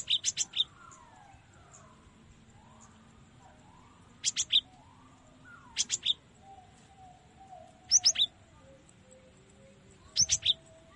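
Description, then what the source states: Cinereous tit song: short bursts of a few sharp, high notes, repeated every two to four seconds. Tutoring recording (masteran) used to train cage birds to sing.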